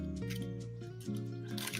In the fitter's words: definitely a nice solid snap connection like that on a kit like this is something I I actually want to hear